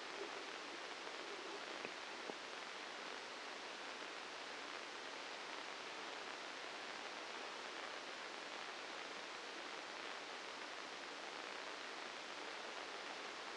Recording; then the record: brain microelectrode recording played as sound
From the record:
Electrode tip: outside the subthalamic nucleus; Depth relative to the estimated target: -3 mm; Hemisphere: left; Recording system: NeuroSet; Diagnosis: Parkinson's disease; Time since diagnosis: 9 years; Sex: male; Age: 56 years